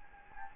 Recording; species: mosquito wingbeat signal from an infrared sensor; Anopheles gambiae